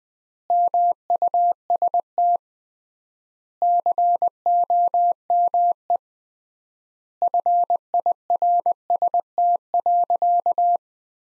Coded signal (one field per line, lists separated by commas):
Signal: Morse code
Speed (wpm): 20 wpm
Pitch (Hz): 700 Hz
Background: none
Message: MUST COME FIRST.